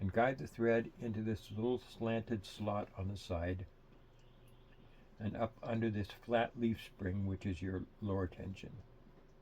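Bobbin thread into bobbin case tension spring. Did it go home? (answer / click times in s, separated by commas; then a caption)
no / none. On a Viking Husqvarna 2000 sewing machine, the bobbin thread is guided into a small slanted slot on the side of the metal bobbin case and up under its flat leaf spring, the lower tension. Someone talks throughout, with a quiet pause near the middle. The thread has not yet clicked into place under the spring; nothing has seated.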